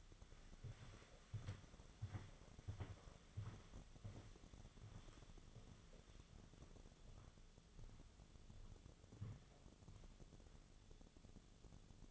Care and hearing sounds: daily activity, microphone in the room; walk to room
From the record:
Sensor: 4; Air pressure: 1000.8 hPa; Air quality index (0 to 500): 118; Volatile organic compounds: 1 ppm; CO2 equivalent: 894 ppm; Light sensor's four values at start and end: 52/129/55/59 and 61/151/64/69

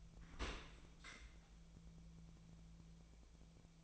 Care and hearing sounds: daily activity, microphone in the room; open dishwasher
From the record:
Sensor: 1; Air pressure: 1000.5 hPa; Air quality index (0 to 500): 183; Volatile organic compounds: 4 ppm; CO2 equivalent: 1687 ppm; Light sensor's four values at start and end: 13/33/13/16 and 13/33/14/16

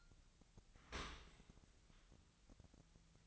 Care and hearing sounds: daily activity, microphone in the room; open dishwasher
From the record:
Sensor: 3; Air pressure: 1003.0 hPa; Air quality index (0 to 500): 196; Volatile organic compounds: 6 ppm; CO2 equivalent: 1916 ppm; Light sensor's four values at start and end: 34/85/36/39 and 34/84/36/39

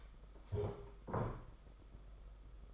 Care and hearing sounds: daily activity, microphone in the room; stand up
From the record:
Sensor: 5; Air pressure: 991.8 hPa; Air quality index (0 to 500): 142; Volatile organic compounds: 129 ppm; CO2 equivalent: 3924 ppm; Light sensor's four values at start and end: 32/108/40/43 and 32/108/40/43

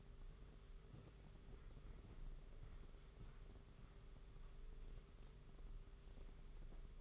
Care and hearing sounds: daily activity, microphone in the room; walk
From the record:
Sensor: 4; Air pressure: 991.5 hPa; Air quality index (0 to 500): 138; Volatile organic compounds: 56 ppm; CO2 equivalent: 3375 ppm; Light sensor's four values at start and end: 23/76/28/29 and 23/75/28/29

